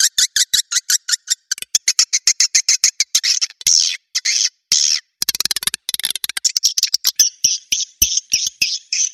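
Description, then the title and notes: Swiftlet chirping calls: a long series of rapid, buzzy high chirps, a brief pause, then more chirps ending in clipped notes. Sound used in swiftlet farming in Asia to attract birds. "Swiflet Bird Sound. Farming Swiflet Bird asia sound"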